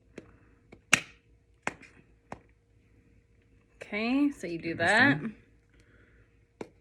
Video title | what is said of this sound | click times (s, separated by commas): MOST THOUGHTFUL GIFT EVER PART 1 (NO ITS NOT A CAR) | then holding the tube upright close the frontal lid until you hear a click | 0.9 s